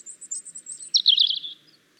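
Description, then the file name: European robin song: thin, very high notes repeated in a quick series, then a brighter, rapid trill that fades out. "Erithacus rubecula"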